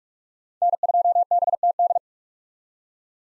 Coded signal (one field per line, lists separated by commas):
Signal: Morse code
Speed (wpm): 46 wpm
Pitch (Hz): 700 Hz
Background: none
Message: N2BTD